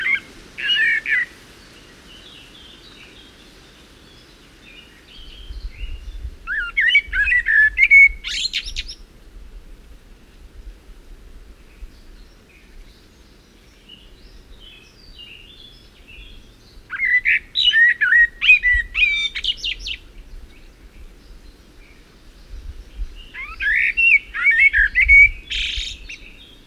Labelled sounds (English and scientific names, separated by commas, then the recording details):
Common Blackbird (Turdus merula) song
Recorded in the wild
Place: Ciucurova, Dobrogea, RO
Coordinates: 44.933, 28.483
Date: 1976-05-29 08:50
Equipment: Nagra III BH, Sennheiser MD 21, parabola
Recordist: Schubert, Michael